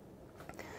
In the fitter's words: ça se ferme de manière automatique enfin automatique en tout cas ça se verrouille tout comme ça tu ne risques rien quand tu roules